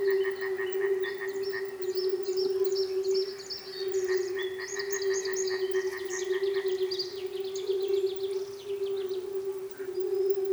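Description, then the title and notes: Frog chorus of low continuous hum and bursts of pulsed croaking, joined by rapid high chirping notes in the middle. Frogs recorded at a frog reservation in Manušice, Česká Lípa, Czechia. "Manušice 28, 471 11 Česká Lípa, Česko - Frogs. Frog reservation"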